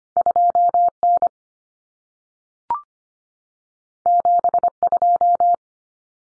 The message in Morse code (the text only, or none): 2N 72